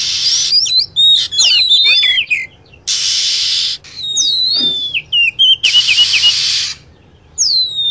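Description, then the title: Lovebird chirping: dense tangles of shrill rising and falling notes, quick trills and a raspy chattering burst, with a final high whistle. Lure sound (pikat) used to attract lovebirds. "PIKAT BURUNG LOVEBIRD"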